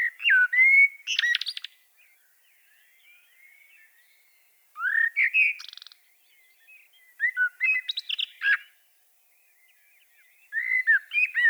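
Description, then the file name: Common blackbird with four bursts of song, sweet slurred whistles mixed with shrill squeaky twitters, quiet gaps in between. "Turdus merula"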